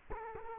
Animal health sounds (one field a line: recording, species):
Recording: mosquito wingbeat signal from an infrared sensor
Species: Culex quinquefasciatus